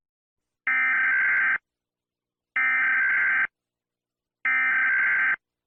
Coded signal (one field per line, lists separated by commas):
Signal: Emergency Alert System (SAME) tones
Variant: header bursts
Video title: EAS Scenario: China bombed Philippines